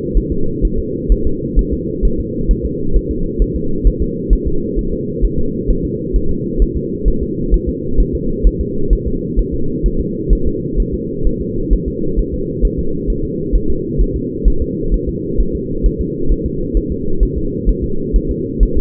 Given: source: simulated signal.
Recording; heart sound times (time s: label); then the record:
fetal heart sounds
0.17 s: S1
0.32 s: S2
0.65 s: S1
0.79 s: S2
1.12 s: S1
1.27 s: S2
1.59 s: S1
1.73 s: S2
2.05 s: S1
2.20 s: S2
2.51 s: S1
2.66 s: S2
2.96 s: S1
3.11 s: S2
3.42 s: S1
3.56 s: S2
3.87 s: S1
4.02 s: S2
4.33 s: S1
4.47 s: S2
4.79 s: S1
4.93 s: S2
5.25 s: S1
5.39 s: S2
5.70 s: S1
5.85 s: S2
6.16 s: S1
6.31 s: S2
6.62 s: S1
6.77 s: S2
7.08 s: S1
7.23 s: S2
7.54 s: S1
7.69 s: S2
8.00 s: S1
8.15 s: S2
8.47 s: S1
8.61 s: S2
8.93 s: S1
9.07 s: S2
9.39 s: S1
9.54 s: S2
9.86 s: S1
10.00 s: S2
10.33 s: S1
10.47 s: S2
10.80 s: S1
10.94 s: S2
11.27 s: S1
11.41 s: S2
11.73 s: S1
11.88 s: S2
12.19 s: S1
12.34 s: S2
12.65 s: S1
12.79 s: S2
13.10 s: S1
13.25 s: S2
13.55 s: S1
13.70 s: S2
14.01 s: S1
14.16 s: S2
14.48 s: S1
14.62 s: S2
14.94 s: S1
15.09 s: S2
15.40 s: S1
15.55 s: S2
15.86 s: S1
16.01 s: S2
16.32 s: S1
16.46 s: S2
16.77 s: S1
16.92 s: S2
17.23 s: S1
17.38 s: S2
17.69 s: S1
17.84 s: S2
18.16 s: S1
18.31 s: S2
18.63 s: S1
18.77 s: S2
From the record:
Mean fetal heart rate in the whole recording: 130 bpm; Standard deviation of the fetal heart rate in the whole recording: 2 bpm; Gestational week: 36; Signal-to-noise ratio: -8.1 dB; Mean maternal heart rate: 72 bpm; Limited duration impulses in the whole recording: absent